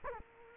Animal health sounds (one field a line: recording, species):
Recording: mosquito wingbeat signal from an infrared sensor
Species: Culex quinquefasciatus